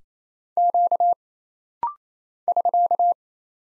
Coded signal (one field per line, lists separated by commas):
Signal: Morse code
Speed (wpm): 27 wpm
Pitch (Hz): 700 Hz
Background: none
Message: Q <SK>